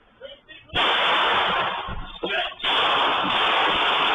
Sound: gunfire

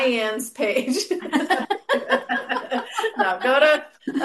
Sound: laughs

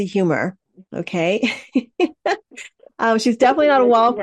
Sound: laughs

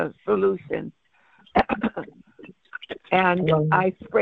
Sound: coughs

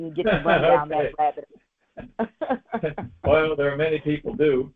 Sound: laughs

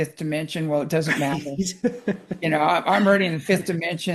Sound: laughs

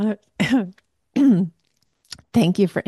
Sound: clears throat

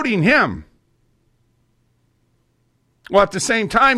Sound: none

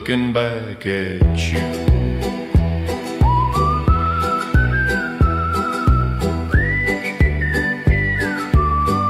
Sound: whistling

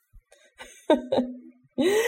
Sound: laughs

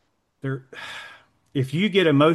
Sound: sighs

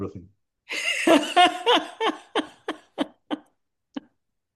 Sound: laughs

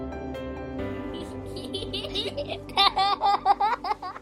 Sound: laughs

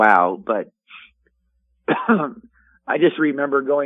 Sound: coughs

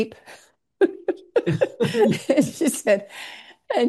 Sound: laughs

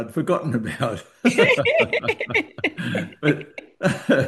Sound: laughs

